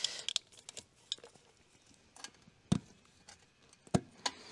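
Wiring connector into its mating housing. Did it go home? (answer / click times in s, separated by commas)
no / none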